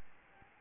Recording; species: mosquito wingbeat signal from an infrared sensor; Aedes albopictus